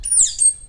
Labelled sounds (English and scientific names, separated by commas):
Stitchbird (Notiomystis cincta) song